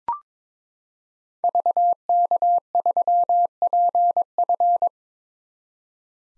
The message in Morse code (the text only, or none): VK3PF